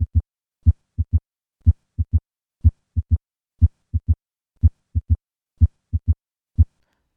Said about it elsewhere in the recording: 80 milliseconds to 150 milliseconds with a change to the left lateral decubitus position. The S2 to tumor plop interval when turning into the left lateral decubitus position. I will remove the murmur to better focus on this interval. Tumors of the left atrium can mimic mitral stenosis to the point of causing heart failure.